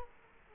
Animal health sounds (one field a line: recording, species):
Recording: mosquito wingbeat signal from an infrared sensor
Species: Culex quinquefasciatus